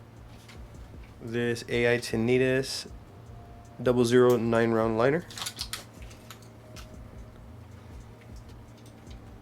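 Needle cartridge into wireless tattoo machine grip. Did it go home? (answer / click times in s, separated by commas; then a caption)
no / none. Someone talks while handling an Ai-Tenitas 00 9-round-liner plastic needle cartridge at the grip of an Ai Tenitas Sketch Steam wireless rotary tattoo machine, with faint handling ticks after the speech. The cartridge is not yet home: nothing has seated or clicked yet.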